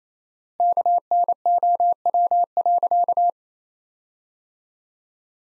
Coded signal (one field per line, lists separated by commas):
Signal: Morse code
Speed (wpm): 28 wpm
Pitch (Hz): 700 Hz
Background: none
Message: KNOW.